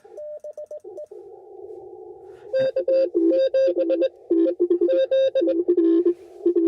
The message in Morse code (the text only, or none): K7EZ